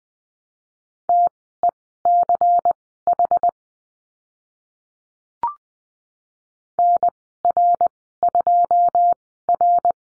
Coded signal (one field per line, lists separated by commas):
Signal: Morse code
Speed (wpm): 20 wpm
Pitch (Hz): 700 Hz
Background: none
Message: TECH NR2R